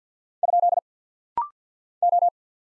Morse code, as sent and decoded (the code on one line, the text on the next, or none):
..--.. / ---
? O